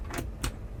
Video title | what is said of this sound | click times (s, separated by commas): $500,000 Yacht Tour - 2013 Cruisers Yachts 45 Cantius Yacht Walkthrough | And that locks into place. | 0.4 s